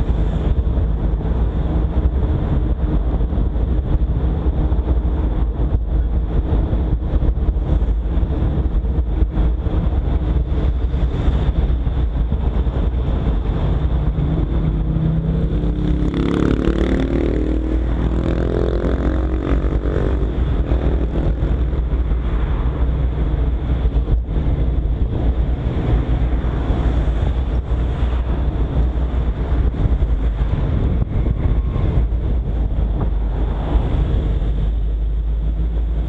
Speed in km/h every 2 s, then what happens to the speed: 42, 42, 43, 42, 40, 38, 36, 34, 35, 36, 36, 35, 35, 35, 34, 31, 31, 32.
0-7 steady at about 42. 7-13 slows to 34. 13-36 steady at about 35.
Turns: none.